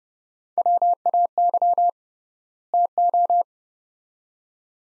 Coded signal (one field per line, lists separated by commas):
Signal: Morse code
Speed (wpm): 31 wpm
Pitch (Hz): 700 Hz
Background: none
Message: WAY TO